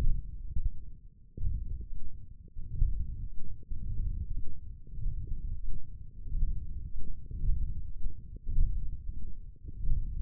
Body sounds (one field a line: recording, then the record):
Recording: forearm muscle sounds (acoustic myography)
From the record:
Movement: hand closing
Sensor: system 1, eight BSWA MPA416 microphones around the upper forearm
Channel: 1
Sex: male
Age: 21 years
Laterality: right